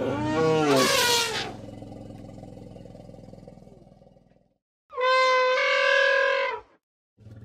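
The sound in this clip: Elephant trumpet: a brief harsh blare fading into a low rumbling tail, then after a pause a bright, steady trumpet blast of nearly two seconds.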